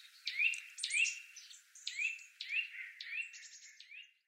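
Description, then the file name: Eurasian nuthatch uttering upslurred whistled notes, rising sharply and repeated roughly twice a second, with fainter high chirps layered between them. "Sitta europaea"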